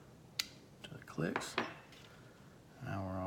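During reassembly of a pistol after work on its trigger, a part, likely the slide or slide stop, is pushed home onto the frame and gives a sharp metallic click at 0.4 s. A few lighter metallic handling clacks follow, and then someone talks. The part is seated and the pistol is set up and ready.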